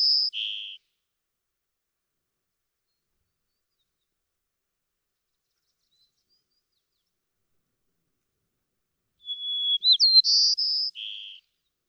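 White-crowned sparrow: the buzzy tail of one song, a long pause, then a complete phrase of whistle, warble, trills and a low buzzy ending.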